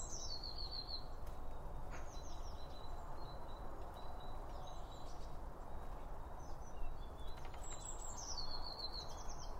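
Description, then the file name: Bird song with two high descending trilled phrases at start and end, soft chirps between, and a steady low background rumble. Birds around a bird feeder, recorded with two Line Audio OM1 microphones. "Birds Around Birdfeeding With Two Om 1 From Line Audio"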